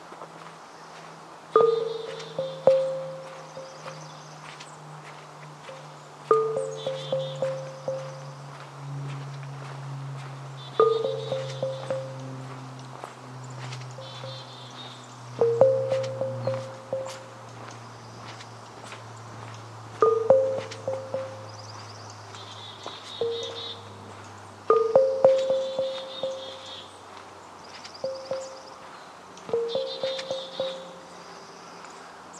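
Forest Park in Portland, Oregon: a bird repeats a short whistled phrase about every four to five seconds, each with a sharp opening note. Fainter high chirps drift in between, over a low, steady drone that slowly sinks and fades.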